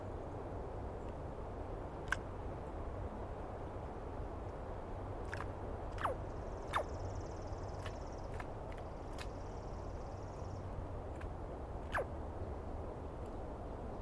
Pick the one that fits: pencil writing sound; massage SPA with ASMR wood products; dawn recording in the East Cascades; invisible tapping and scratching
dawn recording in the East Cascades